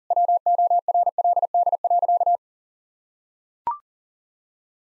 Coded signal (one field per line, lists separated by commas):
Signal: Morse code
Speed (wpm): 37 wpm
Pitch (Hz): 700 Hz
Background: none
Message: WORLD.